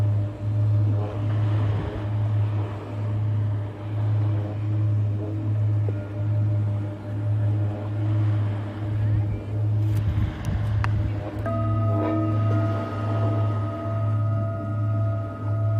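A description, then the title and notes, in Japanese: Singing bowls ring in a sound healing session, a deep steady hum that swells and fades in slow, regular pulses about once a second. Higher ringing tones sit above it, and around ten seconds a few light metallic taps introduce brighter sustained tones. メキシコから シンギングボウルのサウンドヒーリング ライブ。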